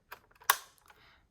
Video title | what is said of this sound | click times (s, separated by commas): Tutorial 1 JVC 4K CAM | And once you hear the click, you know the microphone's successfully in. | 0.5 s